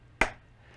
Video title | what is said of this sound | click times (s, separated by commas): Volantex Ranger 2000 iNav Maiden Flight | i heard that click | 0.2 s